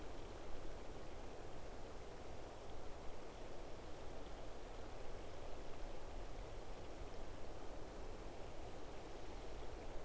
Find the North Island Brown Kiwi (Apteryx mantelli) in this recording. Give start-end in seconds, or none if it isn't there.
none